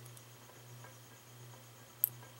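A handheld craft screw-type hole punch is turned through a plastic CD, with faint soft ticks over a low steady hum. It gives a single sharp click at 2.0 seconds as it punches through.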